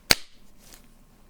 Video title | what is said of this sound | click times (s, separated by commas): EDC Shopping Haul! (Everyday Carry) - What's In My Mail Ep. 8 | popping the actual iphone in place | 0.1 s